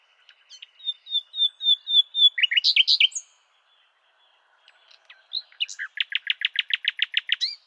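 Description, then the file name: Common nightingale song: a row of repeated piping notes swelling in loudness, a brief jumble of notes, a pause, then a fast, rattling trill of identical notes. "Luscinia megarhynchos"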